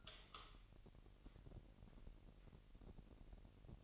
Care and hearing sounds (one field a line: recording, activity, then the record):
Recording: daily activity, microphone in the room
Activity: light on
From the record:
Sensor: 4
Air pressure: 1002.7 hPa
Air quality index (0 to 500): 246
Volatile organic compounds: 12 ppm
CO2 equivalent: 2354 ppm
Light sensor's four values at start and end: 6/14/6/6 and 7/16/6/7